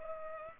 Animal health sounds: mosquito wingbeat signal from an infrared sensor; Culex pipiens

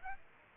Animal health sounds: mosquito wingbeat signal from an infrared sensor; Aedes aegypti

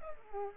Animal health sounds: mosquito wingbeat signal from an infrared sensor; Culex pipiens

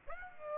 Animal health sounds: mosquito wingbeat signal from an infrared sensor; Aedes aegypti

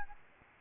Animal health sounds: mosquito wingbeat signal from an infrared sensor; Aedes albopictus

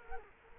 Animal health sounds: mosquito wingbeat signal from an infrared sensor; Culex quinquefasciatus

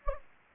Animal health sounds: mosquito wingbeat signal from an infrared sensor; Anopheles gambiae

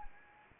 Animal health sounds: mosquito wingbeat signal from an infrared sensor; Anopheles arabiensis

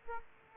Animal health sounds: mosquito wingbeat signal from an infrared sensor; Aedes aegypti

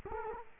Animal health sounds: mosquito wingbeat signal from an infrared sensor; Culex quinquefasciatus

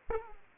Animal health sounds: mosquito wingbeat signal from an infrared sensor; Aedes aegypti

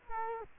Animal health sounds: mosquito wingbeat signal from an infrared sensor; Culex quinquefasciatus

